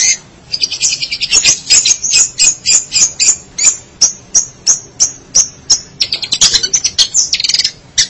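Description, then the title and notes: Shrike song of high, clipped notes repeated about three times a second, speeding into a scratchy chatter toward the end. "Suara burung pentet"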